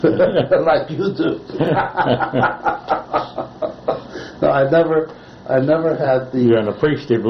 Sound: laughter